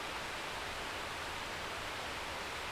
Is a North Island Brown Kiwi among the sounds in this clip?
no